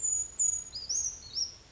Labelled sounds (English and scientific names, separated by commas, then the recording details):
Brown Creeper (Certhia americana)
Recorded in Sonoma County, California